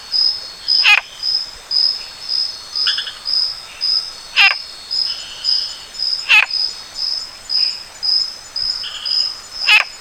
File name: Sylvirana nigrovittata